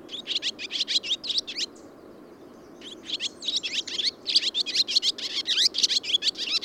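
Bird song of fast repeated high chirping notes in dense bursts, pausing briefly midway before resuming in an even busier stream.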